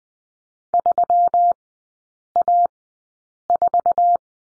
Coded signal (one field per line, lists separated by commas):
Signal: Morse code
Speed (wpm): 20 wpm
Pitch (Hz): 700 Hz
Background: none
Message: 3A4